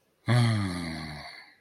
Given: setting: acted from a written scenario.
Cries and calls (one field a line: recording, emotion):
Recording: vocal sound without words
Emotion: contentment